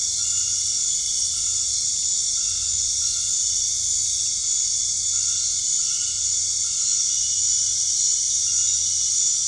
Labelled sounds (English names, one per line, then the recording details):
none
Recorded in dense forest near Puerto Asís, Putumayo, Colombia, on 13 March 2025 at 20:30
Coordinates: 0.485, -76.318
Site G056